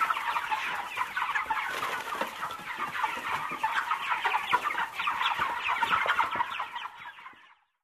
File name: Chicken Poultry